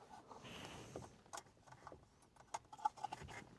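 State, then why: Not seated. The second electrical connector of a new start/stop switch on a Mini Cooper is being pushed back toward its place behind the dash trim. Soft rustling and handling noise build into a few short, sharp taps near the end. The connector has not seated or clicked in yet.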